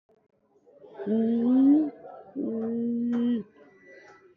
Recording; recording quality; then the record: sustained vowel as in beet; poor, much background noise or distortion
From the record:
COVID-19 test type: RT-PCR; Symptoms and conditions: cough, cold, loss of smell and taste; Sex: female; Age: 40 years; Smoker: no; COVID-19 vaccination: both doses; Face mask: worn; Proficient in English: yes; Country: India